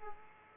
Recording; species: mosquito wingbeat signal from an infrared sensor; Aedes aegypti